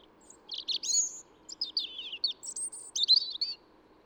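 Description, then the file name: European robin with a rapid, varied song of high twittering notes in quick bursts, plus faint low background noise. "Erithacus rubecula"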